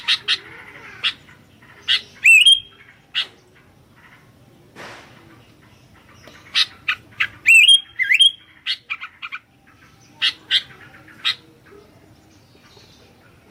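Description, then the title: Sooty-headed bulbul calls: scattered sharp chirps with two bright whistled notes that rise and then hold steady, separated by pauses of several seconds. "kutilang"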